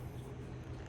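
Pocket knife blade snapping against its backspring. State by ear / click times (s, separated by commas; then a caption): not seated / none. A slip-joint pocket knife with brass liners is handled as its blade is worked against the backspring, with only a steady low rumble and no distinct transients heard. The blade has not yet snapped into place, and no click has sounded.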